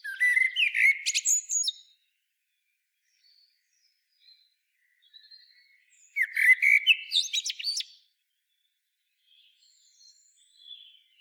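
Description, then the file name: Common blackbird giving two warbled song phrases several seconds apart, each a low fluty start ending in high squeaky twitters, with quiet gaps between. "Turdus merula"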